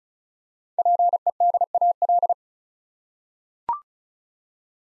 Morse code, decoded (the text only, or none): PEDAL